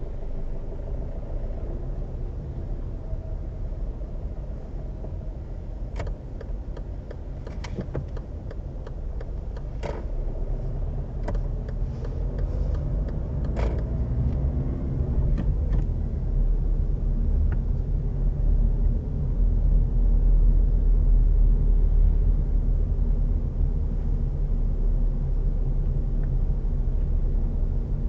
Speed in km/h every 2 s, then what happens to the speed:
6, 8, 7, 7, 6, 9, 13, 15, 17, 19, 19, 18, 17, 16.
0-8 steady at about 7. 8-18 speeds up to 19. 18-28 steady at about 18.